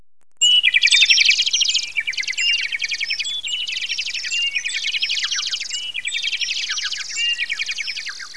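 Bird calls: a rapid, continuous stream of high, twittering chirps and short buzzy trills, repeated without pause.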